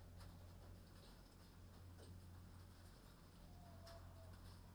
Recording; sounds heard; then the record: poultry house recording; healthy chickens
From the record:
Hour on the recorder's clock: 23